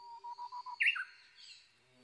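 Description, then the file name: Japanese bush warbler song: a short run of pulsed, even whistled notes, then a loud, sharp two-part flourish stepping downward. Recorded 22 May 2011 at 05:58. "uguisu-20110522-0558"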